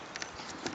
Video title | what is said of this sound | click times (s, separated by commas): Codger's Workshop Episode 10: P277 Ryobi 18v Drill Review | you a little did you hear it click just like a lock and you | 0.2 s